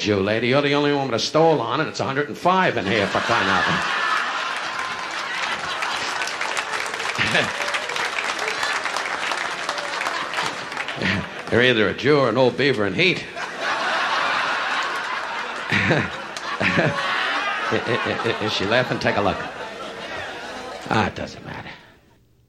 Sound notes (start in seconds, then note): 3.1 soundbite of applause; 13.2 soundbite of laughter